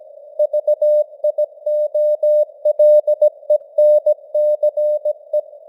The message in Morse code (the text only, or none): VIOLENCE